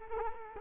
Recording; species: mosquito wingbeat signal from an infrared sensor; Culex quinquefasciatus